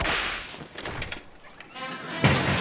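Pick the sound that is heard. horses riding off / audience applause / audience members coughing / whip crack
whip crack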